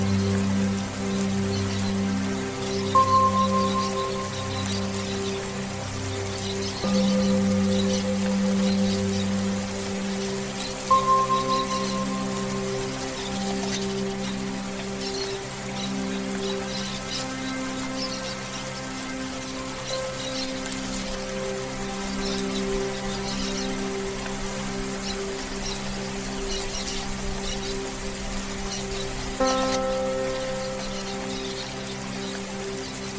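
Meditation music with soothing rain: a steady, dense patter of rain runs throughout beneath sustained, low, humming tones that shift slowly. Brief brighter chime-like notes ring out around 3, 11 and 29 seconds, and the deepest hum fades after the first ten seconds.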